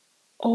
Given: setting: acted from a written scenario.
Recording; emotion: vocal sound without words; guilt